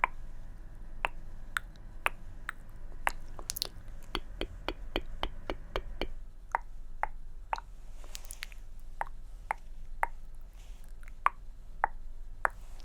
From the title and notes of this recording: ASMR Tongue Clicking & Personal Attention.